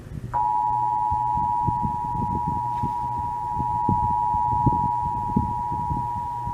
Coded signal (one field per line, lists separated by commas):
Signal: Emergency Alert System (SAME) tones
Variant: 853 and 960 Hz attention tone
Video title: August 2021 Oklahoma Statewide Required Monthly Test (EAS#344-357)